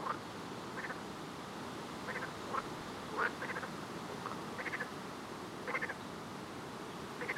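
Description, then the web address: Frog calls, faint short raspy bursts repeated several times over steady background hiss. "Soundscape Frog 1"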